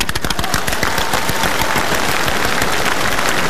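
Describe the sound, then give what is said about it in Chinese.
A crowd applauds, dense rapid clapping that stays loud and steady for the full few seconds, with no voices on top. “这鼓掌的这不都是好人吗？”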